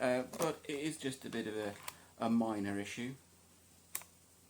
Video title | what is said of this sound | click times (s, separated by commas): Nintendo Switch JoyCons Just Slide Off! Can You Help Me? #nintendoswitch | That one doesn't you that one just doesn't click at all. | none